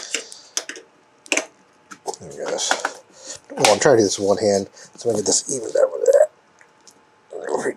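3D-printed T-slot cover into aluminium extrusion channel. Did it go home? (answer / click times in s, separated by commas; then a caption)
yes / 0.6 s, 1.3 s. A 3D-printed plastic 11 mm T-slot channel cover, meant to keep chips out of the channel on a CNC mill or router, is pressed by hand into the T-slot of a 2020 aluminium extrusion rail. Two sharp clicks at 0.6 s and 1.3 s show it snapping into place, followed by quieter handling while someone talks. The cover is seated in the rail.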